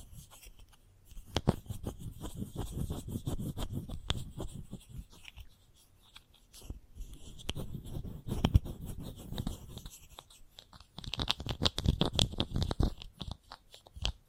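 Chalk scratches and taps against a hard surface in dense bursts of short, gritty strokes, with brief pauses near 5 and 10 seconds. The first two stretches are rougher and lower, while the final burst after 11 seconds turns thinner and sharper, with quick clicking taps.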